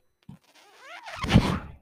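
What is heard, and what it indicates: A soft mechanical thunk, then a rising whine, then a rush of air: a home mechanical ventilator cycling.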